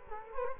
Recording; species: mosquito wingbeat signal from an infrared sensor; Culex quinquefasciatus